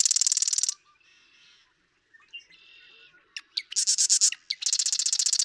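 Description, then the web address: Marsh Wren song: loud, dry, rapid buzzing trills, some introduced by a few sharp ticks, with quieter buzzy phrases between. "birdsongforthecurious songs Marsh Wren"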